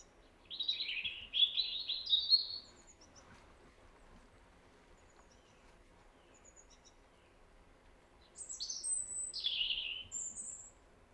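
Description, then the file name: European robin singing two jumbled, thin warbling phrases of high notes, one early and one near the end, with scattered very high squeaky notes and quiet gaps between. "Erithacus rubecula"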